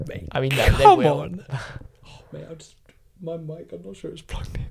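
Two people talk while a microphone cable plug is handled near its microphone/audio socket, out of worry that the mic may not be plugged in. No click is heard, and the plug has not yet seated or clicked into the socket.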